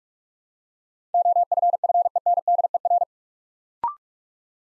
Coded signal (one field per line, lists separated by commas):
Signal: Morse code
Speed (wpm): 48 wpm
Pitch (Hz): 700 Hz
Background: none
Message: OFFENDER